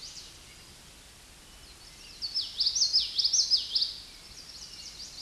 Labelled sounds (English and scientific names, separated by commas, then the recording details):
Common Yellowthroat (Geothlypis trichas) song
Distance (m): 10 m
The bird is about level with the microphone
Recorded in a Pennsylvania forest on 16 May 2024 at 07:57
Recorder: AudioMoth, point MSD-2061
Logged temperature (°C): 16.1 °C
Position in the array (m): 232 m, 176 m